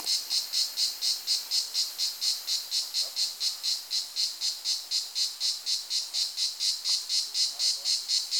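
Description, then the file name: Plebeian cicada song: a harsh buzzing pulse repeated rapidly and evenly throughout, with no other clear sounds. "plebejus"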